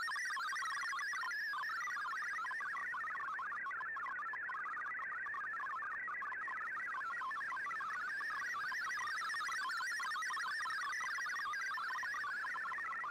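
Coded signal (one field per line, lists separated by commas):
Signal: multi-tone FSK (Olivia or MFSK type)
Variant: MFSK32 or MFSK64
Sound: fast warbling, chirpy stream of rapidly changing tones in a narrow band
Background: radio static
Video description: Here is my decode of the Shortwave Radiogram broadcast today on 15770Khz shortwave radio at 1330UTC in MFSK32 and 64 with 11 SSTV images.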